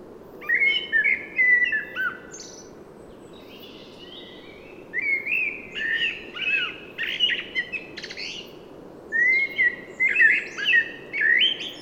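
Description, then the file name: Common blackbird song in bursts: warbling fluty phrases with high scratchy endings, a silent gap of a few seconds, then further phrases, low hiss throughout. "Turdus merula"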